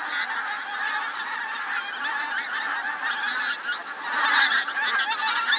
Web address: Pink footed